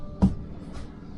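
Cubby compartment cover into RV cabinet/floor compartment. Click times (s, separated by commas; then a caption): 0.2 s. A small cubby cover is set back into a storage compartment in a 2024 Brinkley RV toy hauler interior, and it latches with a single sharp click at 0.2 s. A fainter, softer sound follows around 0.8 s. The cover is seated and locked into place.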